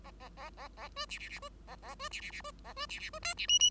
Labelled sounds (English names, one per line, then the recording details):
Bengalese Finch song
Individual Bird5